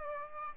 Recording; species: mosquito wingbeat signal from an infrared sensor; Aedes aegypti